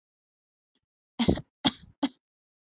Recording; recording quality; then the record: shallow voluntary cough; excellent, no background noise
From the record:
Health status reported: healthy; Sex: female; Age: 22 years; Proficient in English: yes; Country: India